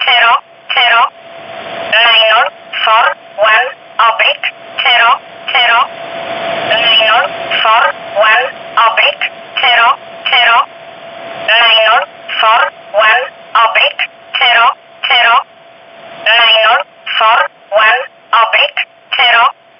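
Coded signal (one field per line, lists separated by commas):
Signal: numbers station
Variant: E11, English voice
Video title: 19 06 2019 E11 Oblique Numbers station in English 0640 on 15800 unknown tx site in USB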